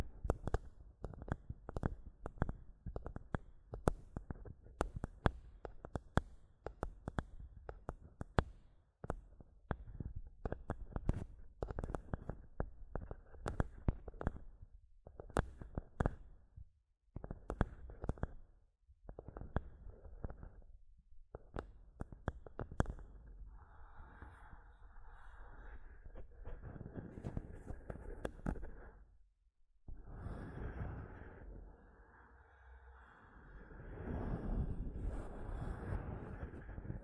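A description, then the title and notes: Mic tapping and scratching: dense, rapid knocks for twenty seconds, then slower taps giving way to longer scraping rubs with brief pauses. ASMR Mic Tapping and Scratching (No Talking).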